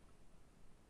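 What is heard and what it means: A plastic propeller is pressed onto the motor mount of a small FIMI A3 camera drone and twisted slightly, producing only faint, steady low-level handling noise with no distinct click. Nothing has seated or clicked into place yet.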